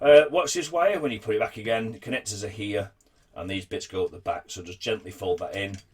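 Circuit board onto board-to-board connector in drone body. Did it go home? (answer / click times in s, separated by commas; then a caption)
no / none. Someone talks while handling a wire and a circuit board inside the flight-controller area of a Phantom 2 Vision FC200 drone during a loss-of-FPV repair, gently folding the wire in before the board is pressed onto its board-to-board connector. The speech breaks briefly around 3.0 s and then resumes. The board is handled but not yet home, and nothing has seated or clicked yet.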